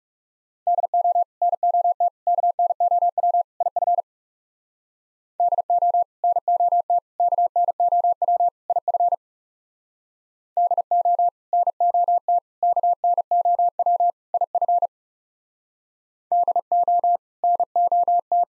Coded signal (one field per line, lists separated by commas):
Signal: Morse code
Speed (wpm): 38 wpm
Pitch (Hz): 700 Hz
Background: none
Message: DO NOT KNOW IF DO NOT KNOW IF DO NOT KNOW IF DO NOT